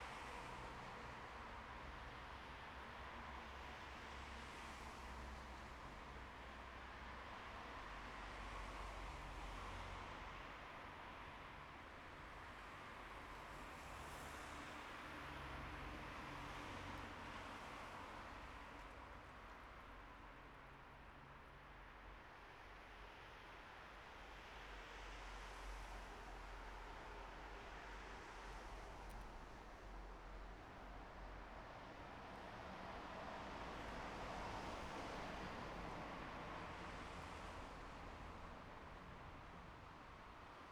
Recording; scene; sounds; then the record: everyday scene through a hearing-aid microphone; in traffic; traffic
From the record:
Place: bus stop on a city main road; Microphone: behind the ear, right, front